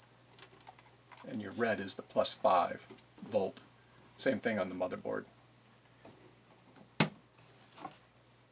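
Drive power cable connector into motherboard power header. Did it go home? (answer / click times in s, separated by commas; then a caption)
yes / 7.0 s. Someone talks while the plastic power connector lead from a drive is plugged onto the power header of a Commodore Amiga 1200 motherboard, with the red wire on +5 V. A single sharp click at 7.0 s marks the connector's one-sided snap latching into place, and the connector is seated.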